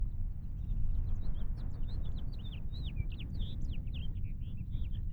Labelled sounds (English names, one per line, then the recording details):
House Finch song
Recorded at Wantagh on Long Island, New York, on 21 May 1975
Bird I